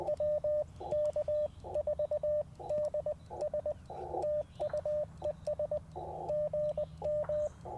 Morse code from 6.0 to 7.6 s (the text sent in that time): GM